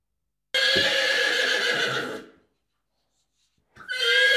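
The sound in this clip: Horse whinnying, one quavering neigh of about two seconds, a short silence, then a second whinny starting near the end.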